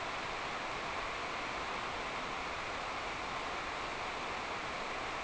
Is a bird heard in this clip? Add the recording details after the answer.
no. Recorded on Arctic tundra, site NAIT-1, on 26 June 2018. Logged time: 09:00